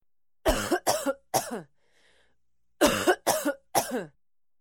Human cough female cough.